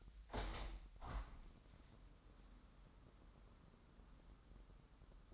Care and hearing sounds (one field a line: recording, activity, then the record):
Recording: daily activity, microphone in the room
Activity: open window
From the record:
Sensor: 3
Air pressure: 998.1 hPa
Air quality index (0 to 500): 148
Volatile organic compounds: 5 ppm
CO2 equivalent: 1771 ppm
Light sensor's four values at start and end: 13/38/15/14 and 13/39/15/14